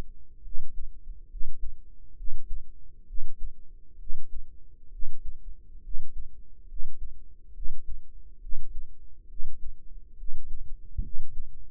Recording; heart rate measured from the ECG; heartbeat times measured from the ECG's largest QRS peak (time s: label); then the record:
heart sounds by microphone in the right ear; 68 bpm
0.42 s: heartbeat
1.28 s: heartbeat
2.15 s: heartbeat
3.05 s: heartbeat
3.97 s: heartbeat
4.89 s: heartbeat
5.81 s: heartbeat
6.66 s: heartbeat
7.52 s: heartbeat
8.39 s: heartbeat
9.27 s: heartbeat
10.15 s: heartbeat
11.01 s: heartbeat
From the record:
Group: healthy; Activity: rest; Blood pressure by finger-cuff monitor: 106/69 mmHg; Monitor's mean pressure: 81 mmHg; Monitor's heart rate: 69 bpm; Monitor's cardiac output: 5.4 L/min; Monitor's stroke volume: 77 mL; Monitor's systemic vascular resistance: 1090 dyn s/cm5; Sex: female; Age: 22 years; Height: 160 cm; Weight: 45 kg